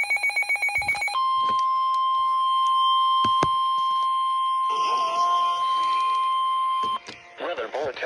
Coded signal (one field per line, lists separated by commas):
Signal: Emergency Alert System (SAME) tones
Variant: 1050 Hz attention tone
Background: speech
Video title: EAS ALERTS 5923-5934 FROM 06/29/24